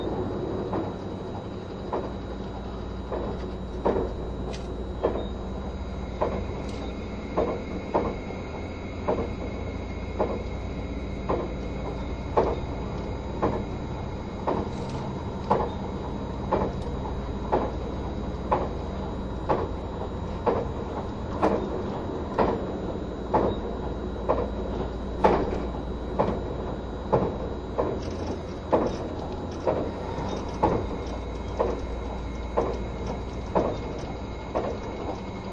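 Running sound of a vehicle, likely a train: steady low rumble with regular clacks about every second and faint high whining tones throughout.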